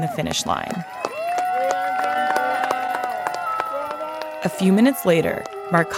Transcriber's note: cheering